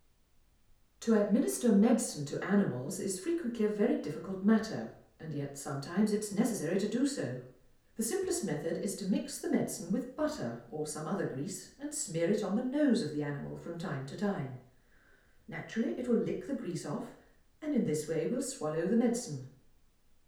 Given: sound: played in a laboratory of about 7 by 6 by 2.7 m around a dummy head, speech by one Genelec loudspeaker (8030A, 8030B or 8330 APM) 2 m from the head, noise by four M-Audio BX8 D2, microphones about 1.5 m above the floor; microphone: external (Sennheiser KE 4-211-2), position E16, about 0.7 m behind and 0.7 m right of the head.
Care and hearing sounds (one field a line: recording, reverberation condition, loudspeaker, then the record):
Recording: female speech in English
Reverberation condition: medium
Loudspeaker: 60 degrees to the left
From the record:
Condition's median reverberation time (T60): about 510 ms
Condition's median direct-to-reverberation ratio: about -0.5 dB